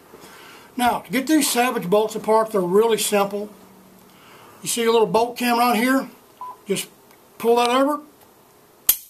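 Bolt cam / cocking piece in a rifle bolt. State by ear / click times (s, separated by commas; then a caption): released / 8.9 s. A small metal bolt cam on a Savage Edge rifle bolt is rotated over by hand during disassembly while someone talks. One sharp metallic click at 8.9 s marks the cam clicking over and the firing pin snapping forward, released.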